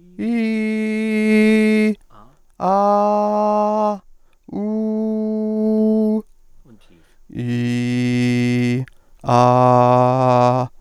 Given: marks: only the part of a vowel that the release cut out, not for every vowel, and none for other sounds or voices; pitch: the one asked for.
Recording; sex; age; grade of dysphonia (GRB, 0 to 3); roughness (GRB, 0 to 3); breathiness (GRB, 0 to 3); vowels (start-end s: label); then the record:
sustained vowels; male; 30 to 39 years; 0; 0; 0
0.37-1.84 s: vowel /i/, high pitch
2.67-3.87 s: vowel /a/, high pitch
4.66-6.06 s: vowel /u/, high pitch
7.48-8.74 s: vowel /i/, low pitch
9.44-10.56 s: vowel /a/, low pitch
From the record:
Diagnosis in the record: healthy voice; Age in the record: 32 years